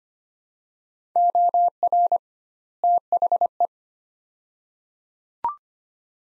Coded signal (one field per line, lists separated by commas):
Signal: Morse code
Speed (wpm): 25 wpm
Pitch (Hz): 700 Hz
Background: none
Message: OR THE